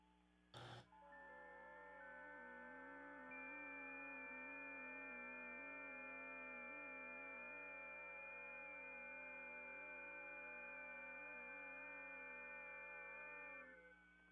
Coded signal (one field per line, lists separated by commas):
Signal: FT8